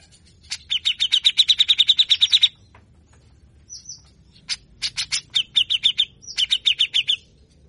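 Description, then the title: Grey-cheeked Bulbul giving rapid harsh chattering notes in two bursts separated by a short pause with a few higher squeaks. Long, harsh 'besetan kasar' calls used as training material to stimulate a caged bird to sing quickly. "MASTERAN CUCAK JENGGOT GACOR FULL BESETAN KASAR DURASI PANJANG !!!. Besetanya Efektif Rangsang Bunyi Dan emosi CUCAK JENGGOT bahan Agar Cepat Gacor"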